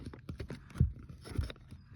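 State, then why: Not seated. A plastic access door is handled and set into the groove of its housing, giving a series of light scrapes and soft knocks, with heavier low thumps around 0.8 and 1.4 seconds. Nothing has snapped or seated into the groove yet.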